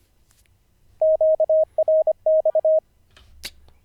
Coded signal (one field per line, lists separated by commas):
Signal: Morse code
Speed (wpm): 24 wpm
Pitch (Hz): 630 Hz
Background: radio noise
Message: QRX